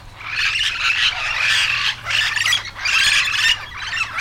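Yellow-shouldered parrot squawks in several loud bursts of harsh grating calls separated by short gaps, over a faint low steady hum.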